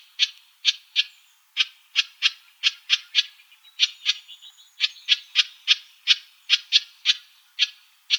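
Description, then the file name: House wren giving harsh, raspy chatter notes, a few per second in irregular pairs and runs, with a faint thin whistle and soft twitters partway through. Arizona, 6 March 2003. "HOWR CALLS 030506. deviche"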